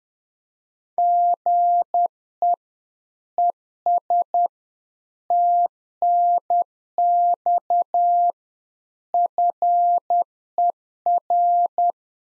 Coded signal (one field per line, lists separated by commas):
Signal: Morse code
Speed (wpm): 10 wpm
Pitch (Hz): 700 Hz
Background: none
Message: GE ES TNX FER